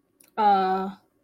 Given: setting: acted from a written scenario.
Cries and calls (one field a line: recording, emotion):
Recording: vocal sound without words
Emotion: guilt